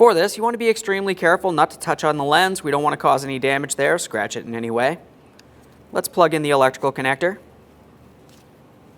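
While installing a new rear view camera on a 2013–2020 Ford Fusion, someone talks about taking care not to touch or scratch the lens, then handles the wiring harness electrical connector to plug it into the camera. A faint short tick and quiet handling noise follow in a near-silent gap. The connector has not seated or clicked in yet.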